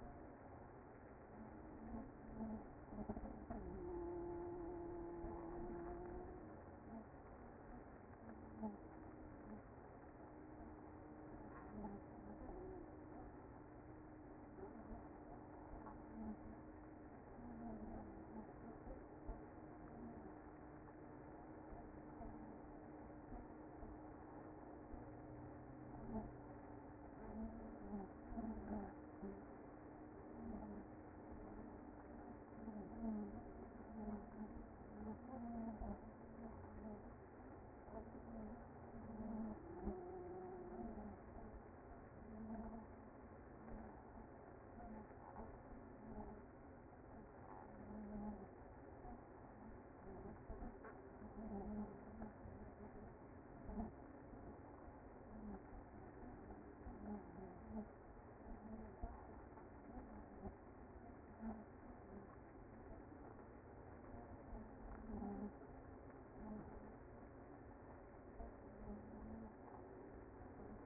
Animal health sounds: honeybee colony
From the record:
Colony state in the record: active

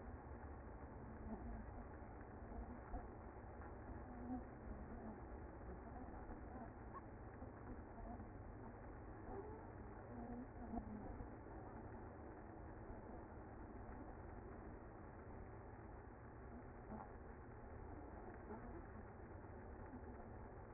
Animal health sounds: honeybee colony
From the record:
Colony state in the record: active

